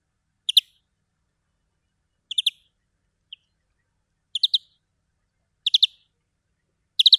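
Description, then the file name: European greenfinch uttering brief twittering chirps in small clusters about every second or two, with one lone faint note midway. "Chloris chloris"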